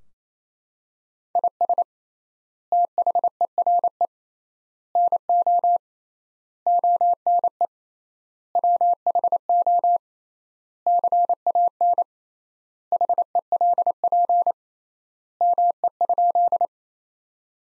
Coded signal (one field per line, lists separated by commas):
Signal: Morse code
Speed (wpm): 28 wpm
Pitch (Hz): 700 Hz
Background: none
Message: IS THERE NO ONE WHO CAN HELP ME?